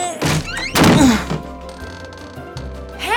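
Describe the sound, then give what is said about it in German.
Two heavy, muffled thuds land about half a second apart as someone shoves with all their strength against a stuck door, the second bang longer and more forceful, with soft music lingering underneath. “Der Mick nimmt seine ganze Kraft zusammen und stemmt sich gegen die Tür.”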